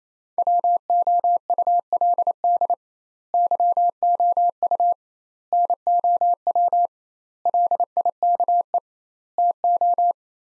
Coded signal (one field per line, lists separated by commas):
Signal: Morse code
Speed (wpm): 28 wpm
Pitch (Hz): 700 Hz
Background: none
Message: WOULD YOU NOW LIKE TO